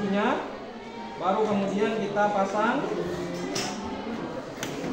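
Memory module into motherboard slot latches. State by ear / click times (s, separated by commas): seated / 3.6 s, 4.6 s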